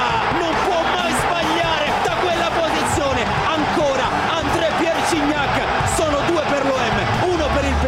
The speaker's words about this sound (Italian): Esplode nuovamente il velodrome.